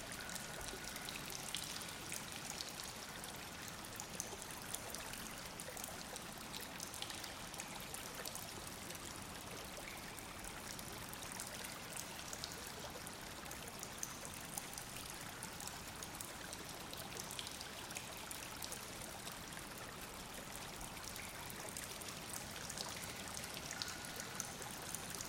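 A small stream trickles steadily through an ice tunnel, a dense, even rush of water that never lets up. Fine, bright splashes and drips patter throughout, layered over a softer low murmur, with no other sounds intruding.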